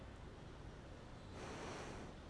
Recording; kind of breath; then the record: one breath in and out by a microphone near the nose and mouth; normal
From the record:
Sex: female